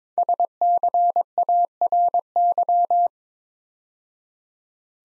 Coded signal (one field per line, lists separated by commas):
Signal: Morse code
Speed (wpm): 22 wpm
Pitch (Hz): 700 Hz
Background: none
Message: SCARY